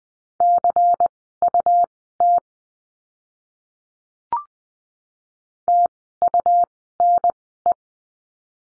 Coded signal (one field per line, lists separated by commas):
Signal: Morse code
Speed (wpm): 20 wpm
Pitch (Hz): 700 Hz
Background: none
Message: CUT TUNE